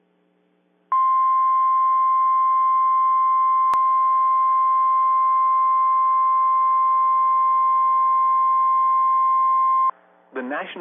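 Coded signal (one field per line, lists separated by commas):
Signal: Emergency Alert System (SAME) tones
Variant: 1050 Hz attention tone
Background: speech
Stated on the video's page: PDS tornado warning received off weather radio transmitter KIH24.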